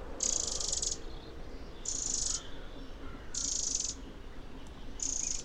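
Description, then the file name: Eurasian wren churring in four harsh, buzzy rattles of half a second or more, spaced about one and a half seconds apart, over faint low hum. "Troglodytes troglodytes"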